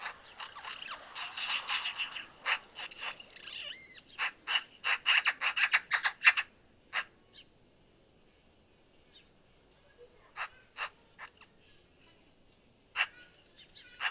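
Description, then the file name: Eurasian magpie chattering: a dense run of harsh, rasping notes for about six seconds, then scattered single harsh calls after a pause. "eurasian magpie - pica pica"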